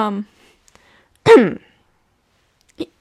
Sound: small cough